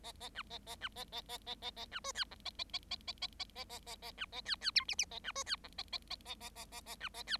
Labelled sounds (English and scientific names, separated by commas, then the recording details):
Bengalese Finch (Lonchura striata domestica) song
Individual Bird7